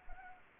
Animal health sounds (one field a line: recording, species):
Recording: mosquito wingbeat signal from an infrared sensor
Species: Anopheles gambiae